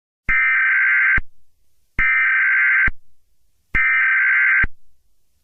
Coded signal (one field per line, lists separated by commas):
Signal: Emergency Alert System (SAME) tones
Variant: header bursts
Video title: ZGL EAS Test